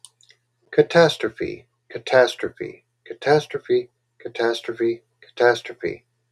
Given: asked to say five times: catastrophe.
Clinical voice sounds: repeated word; male; 50 to 59 years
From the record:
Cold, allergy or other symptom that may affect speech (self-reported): no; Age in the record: 52 years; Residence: Georgia, United States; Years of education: 14

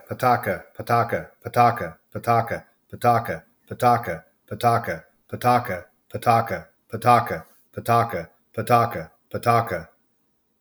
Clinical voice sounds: repeated syllables /pa ta ka/; male; 40 to 49 years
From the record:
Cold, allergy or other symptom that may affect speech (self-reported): no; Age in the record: 46 years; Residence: West Virginia, United States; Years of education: 20

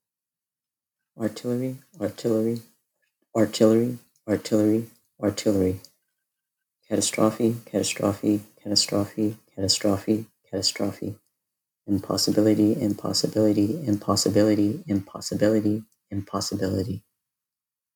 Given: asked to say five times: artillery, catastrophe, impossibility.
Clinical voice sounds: three words, each repeated; male; 20 to 29 years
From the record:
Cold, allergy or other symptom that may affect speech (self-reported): no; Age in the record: 25 years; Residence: Texas, United States

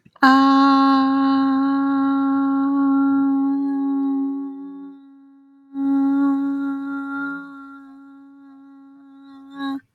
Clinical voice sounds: vowel held as long as possible; female; 20 to 29 years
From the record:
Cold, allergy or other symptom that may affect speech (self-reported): no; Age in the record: 21 years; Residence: Illinois, United States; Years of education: 15

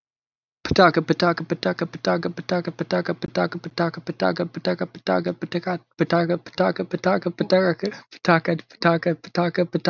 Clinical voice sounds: repeated syllables /pa ta ka/; male; 20 to 29 years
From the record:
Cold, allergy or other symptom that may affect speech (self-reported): no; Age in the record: 29 years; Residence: United States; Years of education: 14

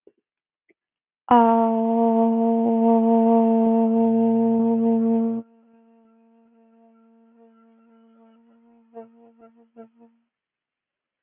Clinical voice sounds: vowel held as long as possible; female; 20 to 29 years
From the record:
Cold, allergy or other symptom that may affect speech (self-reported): no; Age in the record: 24 years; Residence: Massachusetts, United States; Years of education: 16

